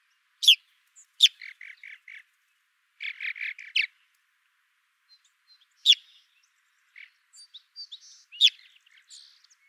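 Purple martin calling with sharp, squawky single notes every few seconds, between them two short runs of low gurgling chirps.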